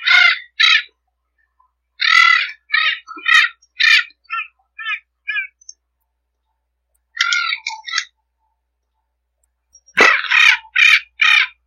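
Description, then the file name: Spix's macaw uttering rough, grating squawks in irregular runs of several notes, with brief gaps between bursts. "canto da ararinha azul"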